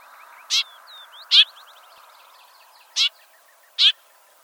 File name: Gray Vireo